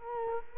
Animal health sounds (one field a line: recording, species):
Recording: mosquito wingbeat signal from an infrared sensor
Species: Culex quinquefasciatus